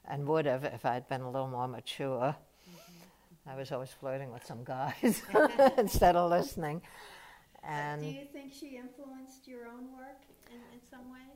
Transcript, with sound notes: and would have if I'd been a little more mature.
Uh-hmm, uh-hmm.
I was always flirting with some guys [laughter] instead a listening and —
But do you think she influenced your own work in — in some ways?